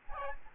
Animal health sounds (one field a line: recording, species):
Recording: mosquito wingbeat signal from an infrared sensor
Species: Aedes albopictus